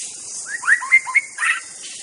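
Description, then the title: White-rumped shama giving a short burst of rich whistled notes, rising and falling, with a constant high insect hum behind. Forest. "Suara burung murai batu hutan"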